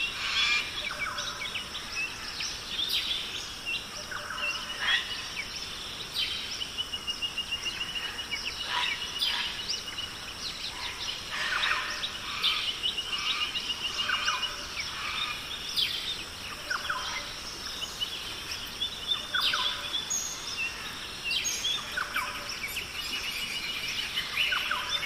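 Rainforest ambience with a steady bright hiss running throughout, like falling water, under a dense mix of bird calls. Short chirps and whistles come every second or two, with a few louder, sharper calls near the middle and toward the end.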